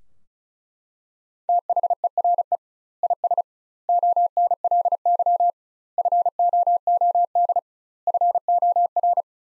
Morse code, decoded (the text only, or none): THERE IS ONLY FOOD FOR